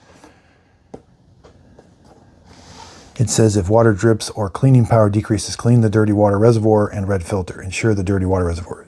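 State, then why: Seated. A plastic water reservoir module for a Eufy S1 Omni Pro robot vacuum is slid into its track on the vacuum body with the robot switched off, and it seats with two short clicks at 0.9 s and 1.8 s, the two clicks needed for it to be fully installed. After a quiet stretch, someone talks from about 3.2 s to the end.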